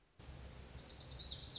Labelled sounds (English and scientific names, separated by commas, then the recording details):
Lazuli Bunting (Passerina amoena)
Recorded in Sonoma County, California